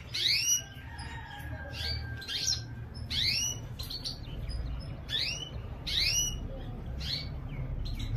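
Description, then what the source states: Canary calling with repeated quick, bright upswept chirps, with a low hum running underneath. Female.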